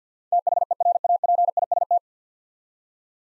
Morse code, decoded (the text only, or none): THERAPIST